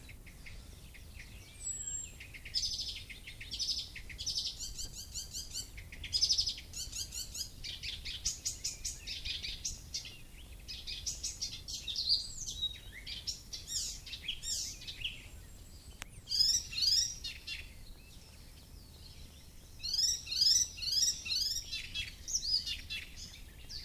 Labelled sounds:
Icterine Warbler song
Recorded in the wild
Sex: male
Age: adult
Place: Möhrendorf, Bayern, DE
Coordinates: 49.6372, 10.9831
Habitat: pond
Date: 1961-05-15
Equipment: Stellavox SM 4, Original, Vollspur
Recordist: Tretzel, Erwin

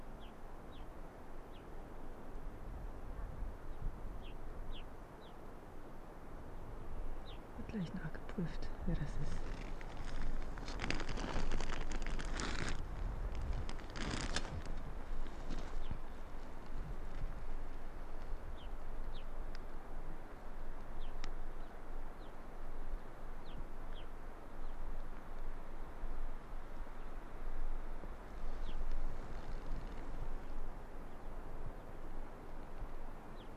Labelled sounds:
Arctic Fox
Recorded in the wild
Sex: male
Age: adult
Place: Insel Mednyi, Kommandeur-Inseln, RU
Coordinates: 54.5167, 168.083
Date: 1999-07-17 18:48
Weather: Nieselregen, 10°C, starker Südwestwind
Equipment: Sony WM-D6C, Sennheiser ME 80, K 30 AV, Windkorb, Kopie Tascam DA 30
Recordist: Jakupi, Antje

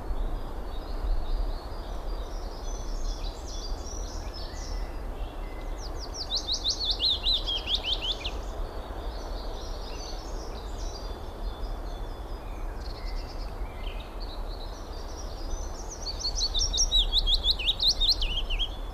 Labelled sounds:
Willow Warbler song
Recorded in the wild
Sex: male
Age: adult
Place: Summt, Brandenburg, DE
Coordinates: 52.6903, 13.3625
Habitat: garden
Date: 1991-04-13 14:45
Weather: sunny, 18 °C
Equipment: Marantz, Sennheiser ME 80, Kopie Tesla B 116
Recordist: Tembrock, Günter

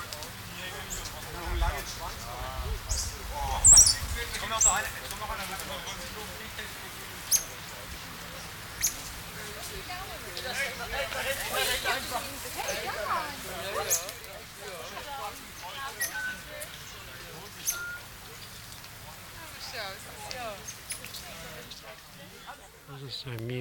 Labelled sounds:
Common Squirrel Monkey
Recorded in captivity
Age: adult
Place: Münchner Tierpark Hellabrunn, Bayern, DE
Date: 1993-09-20
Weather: 19 °C, heiter
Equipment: Marantz CP 430, Sennheiser MKH 416 T, Kopie Uher Variocord 263
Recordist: Tembrock, Günter
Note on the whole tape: Diverse Laute, frei über dem Publikum

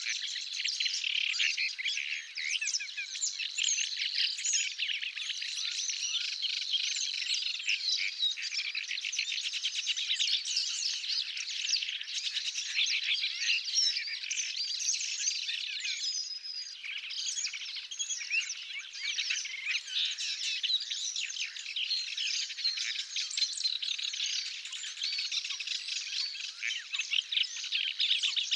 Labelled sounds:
Paddyfield Warbler song
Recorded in the wild
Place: Tengiz, KZ
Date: 2000-05-13
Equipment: MiniDisc Sharp MT 20 H
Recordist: Schwarz, Dieter
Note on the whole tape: Song

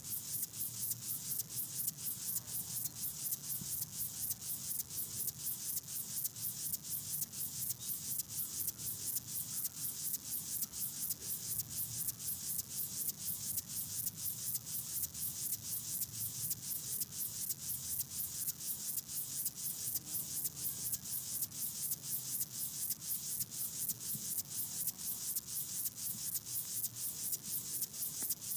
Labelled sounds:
Upland Field Grasshopper stridulation
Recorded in the wild
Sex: male
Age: imago
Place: Hobrechtsfelder Rieselfelder, Barnim, Brandenburg, DE
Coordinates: 52.6692, 13.48
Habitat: meadow
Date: 2012-09-02 17:23
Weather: 20°C, cloudy, almost windless
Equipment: Sound Devices 702, Sennheiser MKH 415 T, Rhode Windschutz
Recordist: Frommolt, Karl-Heinz

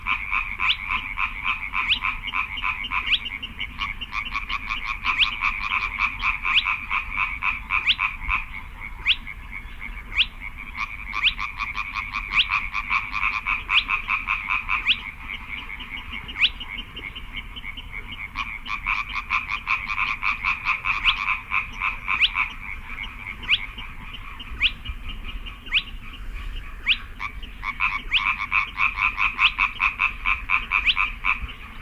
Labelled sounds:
Spotted Crake
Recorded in the wild
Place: Kützerhof, Kummerower See, Mecklenburg-Vorpommern, DE
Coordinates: 53.8536, 12.8675
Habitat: wetland
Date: 2009-05-07 23:07
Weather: bedeckt, windstill, ca. 10°C
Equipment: Sound Devices 702, Sennheiser MKH 70, Rycote Windschutz
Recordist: Frommolt, Karl-Heinz

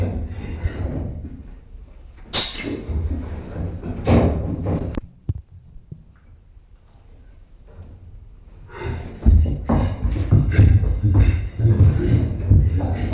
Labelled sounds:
Chimpanzee
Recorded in captivity
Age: adult
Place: Zoo Leipzig, Sachsen, DE
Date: 1965-03-26 17:45
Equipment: Magnetophon 300, Transistorverstärker, Sennheiser MD 421
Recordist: Tembrock, Günter

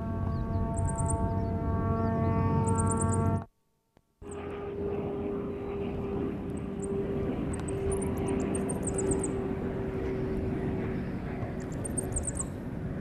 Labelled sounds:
Coal Tit call
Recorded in the wild
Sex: pair
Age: adult
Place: Garmisch-Partenkirchen, Bayern, DE
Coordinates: 47.4975, 11.1294
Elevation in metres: 993
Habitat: mountains
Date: 1980-03-29
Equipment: Uher 4000 Report, Sennheiser MKH 815 T
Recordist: Tretzel, Erwin

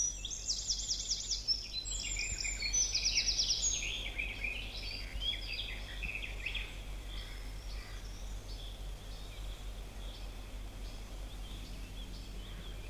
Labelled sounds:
Eurasian Wren
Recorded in the wild
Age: adult
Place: Marburg, DE
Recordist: Brunner, Thomas

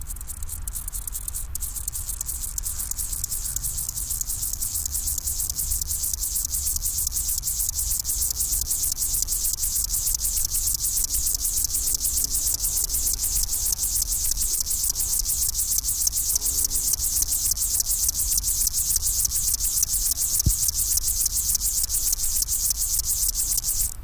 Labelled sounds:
Upland Field Grasshopper stridulation
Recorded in the wild
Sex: male
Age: imago
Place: Mühlenbeck, Brandenburg, DE
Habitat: Feuchtbiotop
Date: 1997-08-03 13:52
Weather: 24°C, heiter
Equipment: Sony MD-WM MZ-R3, Sennheiser ME 80, K 30 AV, Kopie Uher 4000 Report Monitor
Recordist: Tembrock, Günter

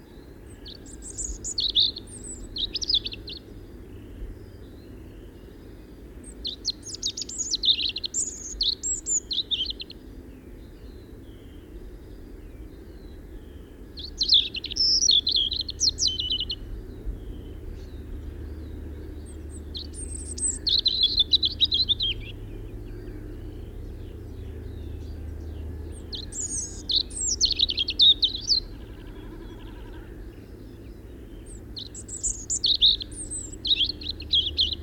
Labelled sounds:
European Robin song
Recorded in the wild
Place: Bergen, Insel Rügen, Mecklenburg-Vorpommern, DE
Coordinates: 54.415, 13.426
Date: 1976-04-25 06:15
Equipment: Nagra III BH, Sennheiser MD 21, parabola
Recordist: Schubert, Michael

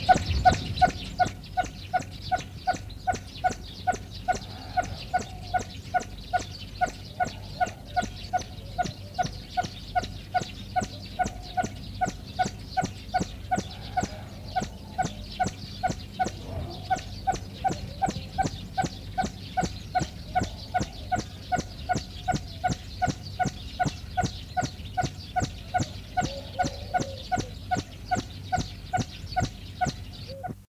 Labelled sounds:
Swinhoe's Pheasant call
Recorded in captivity
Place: Tierpark Berlin, Berlin, DE
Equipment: Halbspur, 9,5 cm/s
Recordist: Lütgens, Hans
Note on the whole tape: Rufe

